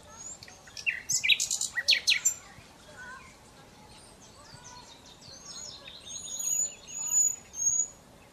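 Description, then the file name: Common Nightingale: a phrase of rapid loud repeated notes at the start, followed by softer high thin whistles. "Luscinia megarhynchos"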